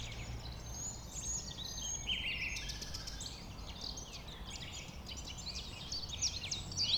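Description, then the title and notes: Common nightingale song: varied whistled notes over a low steady rumble. A nightingale settled with a few others on the banks of a stream forming a pond 1500 m from the A20, recorded around 8 am on Sunday 12 April. "Un Rossignol Envers Et Contre Tout. un rossignol venu avec quelques autres s'installer sur les rives d'un ruisseau formant un étang à 1500 mètres de l'A 20. Ces moments ont été enregistrés vers 8h le dimanche 12 avril"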